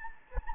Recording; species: mosquito wingbeat signal from an infrared sensor; Anopheles gambiae